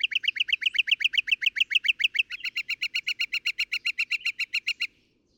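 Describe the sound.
Northern mockingbird song: a fast run of repeated rising chirps, switching midway to a steadier series of similar notes, ending abruptly.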